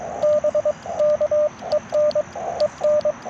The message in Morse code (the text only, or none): BK EN EN